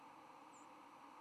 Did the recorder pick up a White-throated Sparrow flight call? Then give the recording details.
yes. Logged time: 08:53 on 10 November 2014